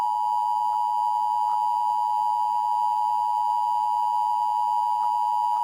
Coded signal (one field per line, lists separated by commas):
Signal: Emergency Alert System (SAME) tones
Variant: 853 and 960 Hz attention tone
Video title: EAS #2: Galactic Collision